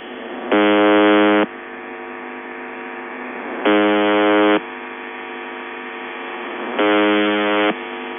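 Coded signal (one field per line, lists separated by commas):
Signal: channel marker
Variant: UVB-76 (The Buzzer)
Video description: Clean sample of The Buzzer UVB-76 or S28 Russian channel marker 4625 kHz, believed to be part of the Western Military District HF network.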